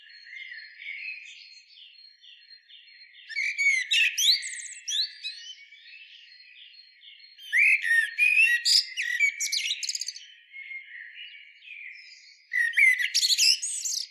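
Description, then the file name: Common blackbird song: three bursts of rich, varied warbling and twittering phrases, with softer notes between them. "Turdus merula"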